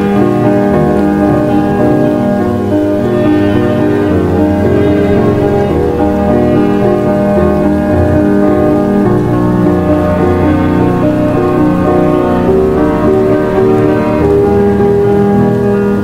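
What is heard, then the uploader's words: A dark academia atmosphere with rain: slow, sustained musical tones sit mostly in the low and middle range, shifting chords every couple of seconds. A soft, steady rain hiss runs underneath, and the overall level stays even throughout with no sudden events. Dark academia atmosphere plus rain.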